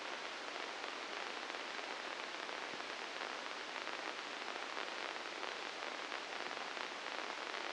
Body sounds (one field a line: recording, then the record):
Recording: brain microelectrode recording played as sound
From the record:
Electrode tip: inside the subthalamic nucleus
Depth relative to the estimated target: -1 mm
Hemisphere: right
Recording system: NeuroSet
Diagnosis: Parkinson's disease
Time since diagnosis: 9 years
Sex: female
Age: 51 years